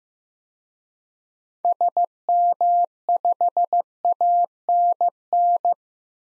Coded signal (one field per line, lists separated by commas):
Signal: Morse code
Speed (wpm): 15 wpm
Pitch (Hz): 700 Hz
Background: none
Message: SM5ANN